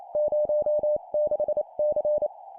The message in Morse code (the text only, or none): 06C